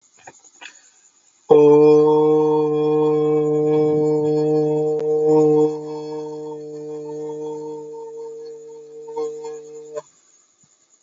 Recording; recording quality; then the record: sustained vowel as in boot; excellent, no background noise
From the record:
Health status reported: healthy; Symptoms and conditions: none ticked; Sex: male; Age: 21 years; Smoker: not ticked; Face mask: not worn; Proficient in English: yes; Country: India